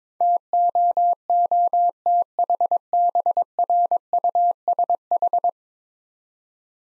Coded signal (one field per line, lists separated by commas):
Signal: Morse code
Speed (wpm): 24 wpm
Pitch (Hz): 700 Hz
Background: none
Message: TOOTHBRUSH